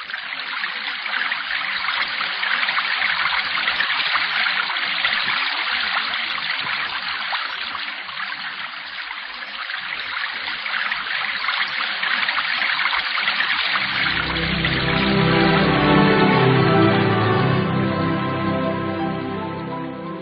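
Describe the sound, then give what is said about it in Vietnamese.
Steady, hissing rush of a vast river with surging waves fills most of the stretch; toward the end a deeper, swelling low rumble rises beneath the current before easing off. “Ơi Bạch Hạc, giúp ta sang sông.”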